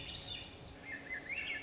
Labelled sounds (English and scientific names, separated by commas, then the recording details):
Swainson's Thrush (Catharus ustulatus)
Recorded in Sonoma County, California